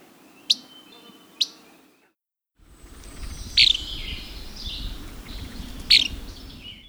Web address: Least Flycatcher